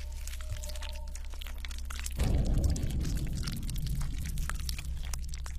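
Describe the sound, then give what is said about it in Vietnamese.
A low steady hum, then a sudden wet, squelching churn of sound bursts in and keeps grinding on as a bullet is slowly dug out of a gunshot wound in the side of a body by hand. “Nó khẽ thò tay vào chỗ đạn bắn ở bên hông của mình, rồi từ từ nhóp nhép móc viên đạn ra.”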